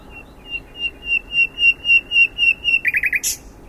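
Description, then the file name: Common nightingale song phrase: a steady series of piping whistles growing louder, ending in a fast burst of sharp buzzy notes. "Luscinia megarhynchos"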